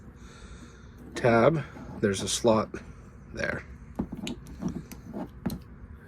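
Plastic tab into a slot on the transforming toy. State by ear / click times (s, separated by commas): seated / 4.3 s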